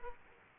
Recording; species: mosquito wingbeat signal from an infrared sensor; Aedes aegypti